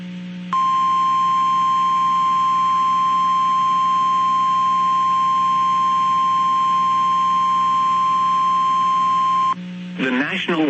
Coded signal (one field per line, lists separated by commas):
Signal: Emergency Alert System (SAME) tones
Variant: 1050 Hz attention tone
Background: speech